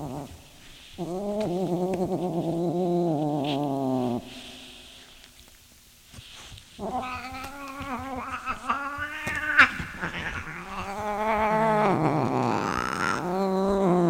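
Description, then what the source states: Cat giving long wavering yowls, a quiet gap, then a run of rising and falling cries mixed with shuffling noise. A pet cat named Sunshine.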